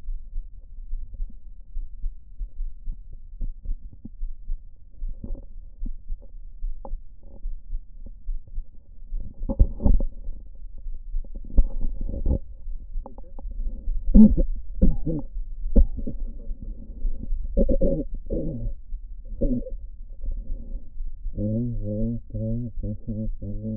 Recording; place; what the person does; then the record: lung sounds by stethoscope; right anterior apical chest; quiet breathing, then cough and speech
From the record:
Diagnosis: none (healthy); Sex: male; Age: 35 years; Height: 186 cm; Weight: 108 kg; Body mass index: 31.2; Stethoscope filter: diaphragm mode